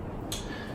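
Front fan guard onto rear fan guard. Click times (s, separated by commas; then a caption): 0.3 s. The plastic and metal front guard of a NASH CoolSmart smart WiFi pedestal fan is pressed onto the rear guard all the way around. A short, bright snap at 0.3 s rises above a steady low background. The front guard clicks into place and is seated.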